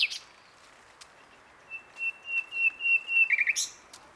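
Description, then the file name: Common nightingale song, a pure whistle repeated in a slow crescendo, ending in a quick rattle and a sharp high note. "Luscinia megarhynchos"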